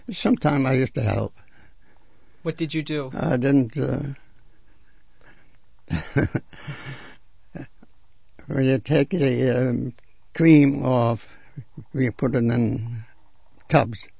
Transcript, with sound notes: Sometimes I used to help.
What did you do?
I didn't,. ( he laughs ) When you take the cream off and you put it in tubs